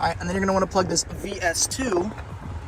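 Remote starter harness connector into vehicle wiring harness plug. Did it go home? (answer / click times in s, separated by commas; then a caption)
no / none. Someone talks while handling the VS2 plug of a plug-and-play remote-start harness, about to push it back into the truck's wiring connector under the dash. A steady low rumble sits underneath the voice. Nothing has seated or clicked yet.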